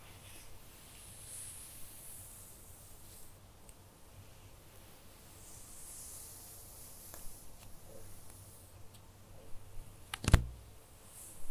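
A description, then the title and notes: Gentle hair play and light touching make a soft, quiet rustle across the whole stretch, with a faint hiss that swells in the upper range now and then. Small brushing sounds come and go, and a brief sharper crackle stands out near the tenth second. Cozy hair play + gentle face & shoulder touching.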